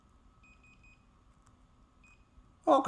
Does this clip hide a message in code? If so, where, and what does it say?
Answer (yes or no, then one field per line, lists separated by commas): no